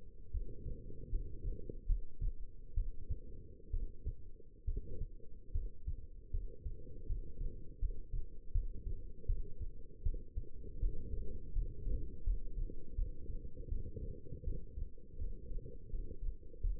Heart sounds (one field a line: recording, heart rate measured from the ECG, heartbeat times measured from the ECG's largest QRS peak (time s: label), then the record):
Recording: heart sounds by stethoscope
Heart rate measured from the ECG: 77 bpm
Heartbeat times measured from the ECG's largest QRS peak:
0.31 s: heartbeat
1.09 s: heartbeat
1.86 s: heartbeat
2.74 s: heartbeat
3.71 s: heartbeat
4.65 s: heartbeat
5.52 s: heartbeat
6.31 s: heartbeat
7.06 s: heartbeat
7.79 s: heartbeat
8.52 s: heartbeat
9.26 s: heartbeat
10.03 s: heartbeat
10.79 s: heartbeat
11.53 s: heartbeat
12.24 s: heartbeat
12.95 s: heartbeat
13.68 s: heartbeat
14.44 s: heartbeat
15.18 s: heartbeat
15.90 s: heartbeat
16.61 s: heartbeat
From the record:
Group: healthy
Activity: rest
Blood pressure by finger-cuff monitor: 141/88 mmHg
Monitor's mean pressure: 105 mmHg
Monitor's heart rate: 79 bpm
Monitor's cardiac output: 6.6 L/min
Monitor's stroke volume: 84 mL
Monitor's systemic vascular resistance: 1190 dyn s/cm5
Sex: female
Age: 22 years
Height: 171 cm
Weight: 65.6 kg